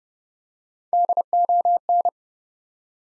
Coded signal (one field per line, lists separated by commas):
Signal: Morse code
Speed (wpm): 30 wpm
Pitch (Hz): 700 Hz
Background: none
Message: DON